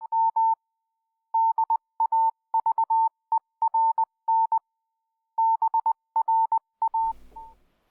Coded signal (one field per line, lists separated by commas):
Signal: Morse code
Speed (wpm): 20 wpm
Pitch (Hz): 900 Hz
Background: none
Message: M DAVERN BRA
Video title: A journey in time and geography along the north east Tasmanian Telegraphic network.